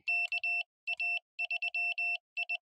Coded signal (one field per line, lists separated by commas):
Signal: Morse code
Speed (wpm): 20 wpm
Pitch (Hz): 2700 Hz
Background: none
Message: KA3I